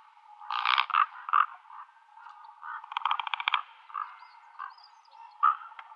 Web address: Schulze Peter Common Raven